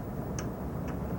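The spring push button on a walker leg is pressed while the metal leg tube is slid down toward a lower height-adjustment hole. Two faint, light ticks stand out at about 0.4 s and 0.9 s over a steady low background rumble. The button has not yet snapped into the hole, and nothing has seated or clicked home.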